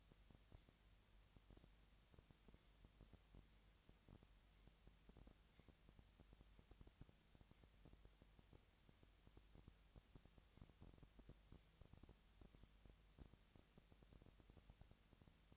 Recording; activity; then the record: daily activity, microphone in the room; no activity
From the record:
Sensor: 3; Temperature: 20.6 degrees Celsius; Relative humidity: 35.7%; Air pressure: 998.8 hPa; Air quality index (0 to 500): 236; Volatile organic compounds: 72 ppm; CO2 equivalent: 3539 ppm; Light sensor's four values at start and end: 2/3/2/2 and 2/3/2/2